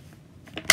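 The tip of a projectile pushes in the small ejection-side selector button on the bolt of a Beretta ARX-100 rifle to switch case ejection from the factory right-hand setting to the left side. Faint scraping and two light ticks come first, then the button clicks sharply into position at 0.7 s.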